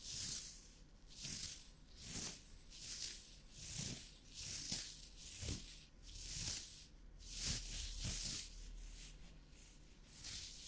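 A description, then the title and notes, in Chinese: Gloves rubbing and brushing, a soft hissing friction sound that swells and fades in repeated strokes roughly once per second. The sound is bright and airy, with occasional low thumps and soft crinkles as hands press together. 多種手套的摩擦觸發音。Glove trigger for relaxing。NO Talking。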